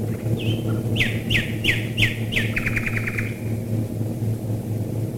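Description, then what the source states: Common nightingale giving a whistled note, then five sharp descending swoops and a quick rattling trill, set against a steady low droning background. Nightingales singing while bombers fly over, recorded in 1942.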